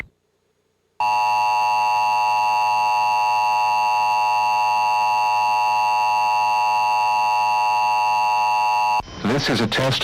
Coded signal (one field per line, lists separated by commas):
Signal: Emergency Alert System (SAME) tones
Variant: 853 and 960 Hz attention tone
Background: speech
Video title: EAS Required Monthly Test – Wisconsin (12/4/2002)